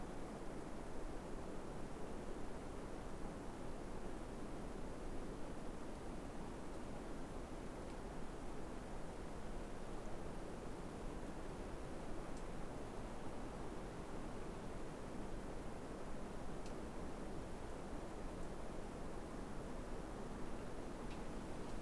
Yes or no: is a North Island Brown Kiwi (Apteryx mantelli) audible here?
no